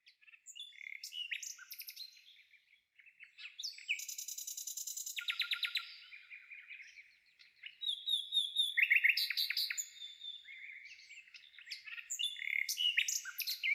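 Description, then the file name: Nightingale song, a varied run of rapid trills, clicking rattles and clear whistled notes in shifting phrases, with short pauses between bursts. "solovei"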